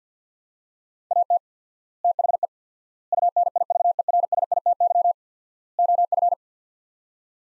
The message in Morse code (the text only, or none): AT THE UNIVERSITY OF